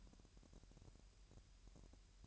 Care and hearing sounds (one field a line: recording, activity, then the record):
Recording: daily activity, microphone in the room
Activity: take from stove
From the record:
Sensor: 2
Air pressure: 1001.8 hPa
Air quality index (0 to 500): 238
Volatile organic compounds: 30 ppm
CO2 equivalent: 2959 ppm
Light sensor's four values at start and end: 4/10/4/4 and 4/10/4/4